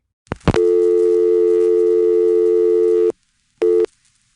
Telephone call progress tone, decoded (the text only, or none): dial tone